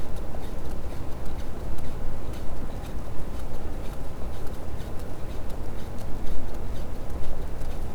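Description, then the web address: Sperm whale producing a steady series of crisp clicks, a few per second, some stronger than others, above a dense low underwater hiss and rumble. Labelled as a positive sperm whale detection. "Physeter Macrocephalus clean cachalot positif"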